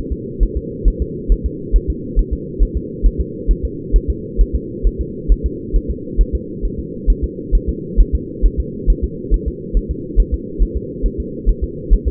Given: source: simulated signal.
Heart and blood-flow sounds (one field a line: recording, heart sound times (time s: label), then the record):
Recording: fetal heart sounds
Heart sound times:
0.12 s: S2
0.43 s: S1
0.57 s: S2
0.88 s: S1
1.02 s: S2
1.32 s: S1
1.46 s: S2
1.76 s: S1
1.90 s: S2
2.19 s: S1
2.33 s: S2
2.62 s: S1
2.77 s: S2
3.06 s: S1
3.21 s: S2
3.51 s: S1
3.65 s: S2
3.96 s: S1
4.10 s: S2
4.41 s: S1
4.56 s: S2
4.87 s: S1
5.01 s: S2
5.32 s: S1
5.46 s: S2
5.76 s: S1
5.91 s: S2
6.21 s: S1
6.35 s: S2
6.65 s: S1
6.79 s: S2
7.10 s: S1
7.24 s: S2
7.55 s: S1
7.69 s: S2
8.00 s: S1
8.15 s: S2
8.46 s: S1
8.60 s: S2
8.90 s: S1
9.04 s: S2
9.34 s: S1
9.48 s: S2
9.77 s: S1
9.91 s: S2
10.20 s: S1
10.34 s: S2
10.62 s: S1
10.77 s: S2
11.06 s: S1
11.20 s: S2
11.49 s: S1
11.64 s: S2
11.94 s: S1
12.08 s: S2
From the record:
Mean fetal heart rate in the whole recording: 135 bpm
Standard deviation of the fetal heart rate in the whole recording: 3 bpm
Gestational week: 36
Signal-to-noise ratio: -4.1 dB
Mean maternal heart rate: no maternal heart sound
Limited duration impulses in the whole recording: absent